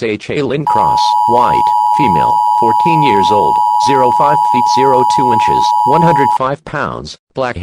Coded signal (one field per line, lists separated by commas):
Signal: Emergency Alert System (SAME) tones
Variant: 853 and 960 Hz attention tone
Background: speech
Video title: eas scenario Texas amber alert